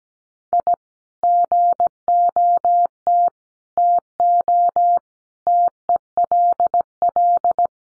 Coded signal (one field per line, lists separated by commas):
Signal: Morse code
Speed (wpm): 17 wpm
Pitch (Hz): 700 Hz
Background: none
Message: I GOT TO TELL